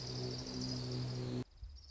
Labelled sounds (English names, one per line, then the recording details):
Orange-crowned Warbler
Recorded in Sonoma County, California